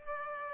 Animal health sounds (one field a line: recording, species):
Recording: mosquito wingbeat signal from an infrared sensor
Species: Aedes aegypti